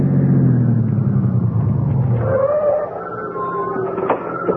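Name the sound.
car engine running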